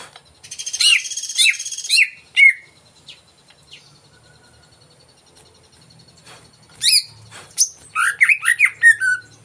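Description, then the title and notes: Greater green leafbird song: rich warbled phrases and sharp slurred whistles, then a long quiet gap before a varied chattering and whistled passage resumes. Cucak ijo song used as a lure (pancingan) to stimulate a caged bird to sing and perform when hung (gantang); bird described as gacor, singing vigorously. "Pancingan CUCAK IJO Mau Di Gantang. Cucak Ijo Gacor"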